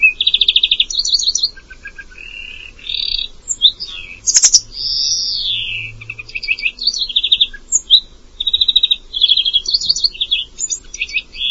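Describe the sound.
Bird song of mixed phrases, rattling trills, slurred descending whistles and sharp chips repeated over many seconds, one loud click midway, over a soft low background hum.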